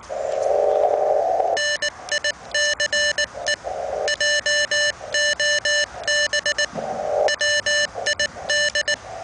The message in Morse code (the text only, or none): NICE JOB WID